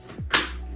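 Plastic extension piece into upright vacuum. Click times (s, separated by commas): 0.3 s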